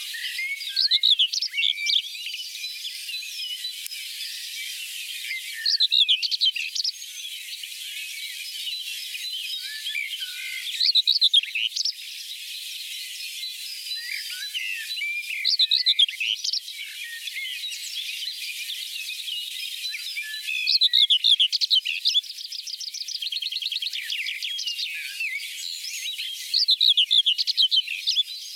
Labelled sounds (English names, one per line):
Common Whitethroat song